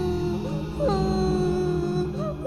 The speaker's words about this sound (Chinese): 四人耳畔都响起了小孩的哭声。